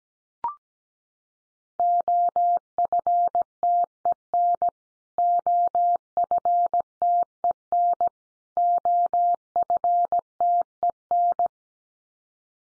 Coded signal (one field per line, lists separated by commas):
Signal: Morse code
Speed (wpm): 17 wpm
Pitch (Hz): 700 Hz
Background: none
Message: OFTEN OFTEN OFTEN